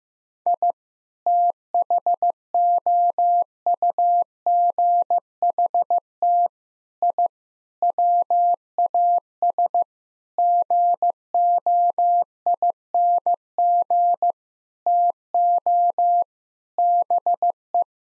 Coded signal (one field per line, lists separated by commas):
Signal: Morse code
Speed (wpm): 15 wpm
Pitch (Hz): 700 Hz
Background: none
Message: I THOUGHT I WAS GOING TO BE